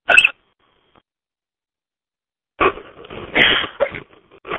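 An adult's single sharp, abrupt burst of sound is followed by a two-second pause, then a cluster of short, jerky bursts. These are forceful hiccups at night: involuntary spasms of the diaphragm that snap the breath shut. They are strong and jerking but not painful.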